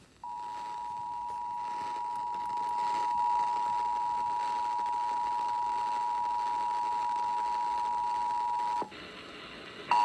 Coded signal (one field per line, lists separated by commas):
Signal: Emergency Alert System (SAME) tones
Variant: 853 and 960 Hz attention tone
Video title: South Carolina Required Monthly Test on WSPA-FM (EAS 765)